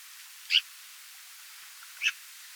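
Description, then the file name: Eurasian magpie calls: two short, grating chack notes about one and a half seconds apart, the first stronger, against quiet background hiss. "Pica pica"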